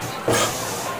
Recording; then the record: coughing mixed with background sound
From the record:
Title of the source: Cough Around the Clock!